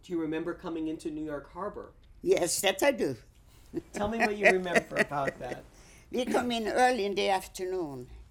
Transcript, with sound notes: Do you remember coming into New York Harbor?
Yes, that I do. ( she laughs )
Tell me what you remember about that.
We come in early in the afternoon,